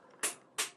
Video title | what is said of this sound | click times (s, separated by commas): Toyworld ALLOCATER (Hook): EmGo's Transformers Reviews N' Stuff | as you can see it's a very solid click which means it's very hard to get back extended | 0.2 s